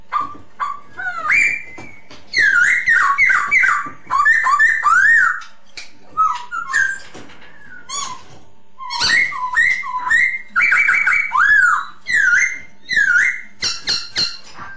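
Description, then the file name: Masked laughingthrush song: long run of clear whistled, slurred phrases in quick bursts separated by short pauses, notes bending up and down, some squeaky overtones. Lure song. "suara pancingan poksay hongkong"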